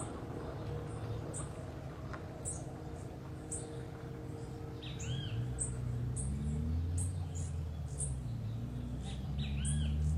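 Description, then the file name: Sapphire-spangled emerald calls: thin, very high chips repeated in quick irregular runs, with softer arched whistles lower down and a steady low rumble throughout. "BEIJA FLOR DE PEITO AZUL"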